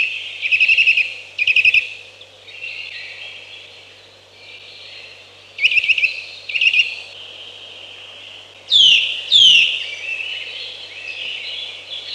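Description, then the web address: Eurasian nuthatch giving paired rapid trilled notes twice, then two sharp downslurred calls, with other birds singing softly in the background. "Przyroda Ptaki Kowalik"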